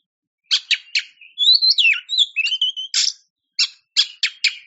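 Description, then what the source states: Oriental magpie-robin song: rapid harsh chips opening into a tumbling run of varied whistles, then more scratchy chip notes repeated at the end. Champion songbird.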